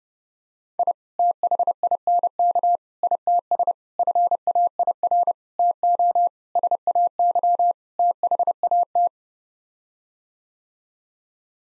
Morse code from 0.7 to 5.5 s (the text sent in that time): I THINK ITS FAIR